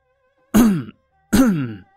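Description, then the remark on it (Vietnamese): Two deliberate, forced coughs, each a short voiced burst with a throaty, slightly pitched edge, separated by a brief pause. No one speaks. “Từ phía sau vang lên hai tiếng ho giả, quay lại nhìn thì thấy Lão Đồng đang đứng nghiêm mặt ở phía sau.”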